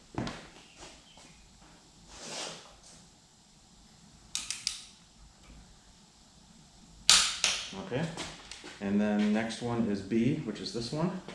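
A click-type torque wrench tightens the first cylinder head bolt to 36 ft-lb, in the specified sequence, on a boxer engine block (EJ257). Quiet ratcheting turns build up until the wrench's sharp click at 4.4 s, followed by two more quick clicks, and the bolt reaches its torque setting. Then a loud clatter sounds and someone talks.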